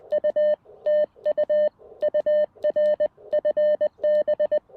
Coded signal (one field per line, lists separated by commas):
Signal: Morse code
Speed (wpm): 20 wpm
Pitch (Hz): 590 Hz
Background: none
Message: U TU UR FB